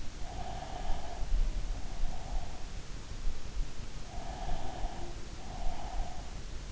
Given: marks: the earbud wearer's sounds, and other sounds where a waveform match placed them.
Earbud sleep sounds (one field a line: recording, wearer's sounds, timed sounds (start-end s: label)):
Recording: sounds in sleep by an in-ear microphone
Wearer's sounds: breath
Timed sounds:
0.19-2.71 s: breath
4.05-6.44 s: breath